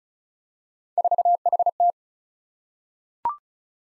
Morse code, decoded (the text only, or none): 4HT